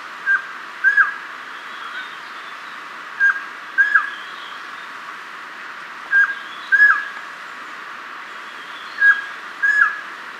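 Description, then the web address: Crested quetzal calls: short whistled notes with a slight downward bend, given in pairs about every three seconds over a steady background hiss. Ecuador. "Birds of Ecuador. Crested Quetzal"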